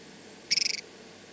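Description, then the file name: Spotted stream frog giving one brief pulsed call of about six rapid high raspy notes, lasting under half a second, over a quiet background. "Rana signat am Ulu One"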